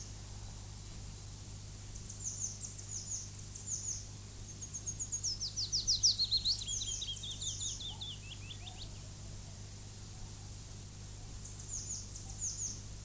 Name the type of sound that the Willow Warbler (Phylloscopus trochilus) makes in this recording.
song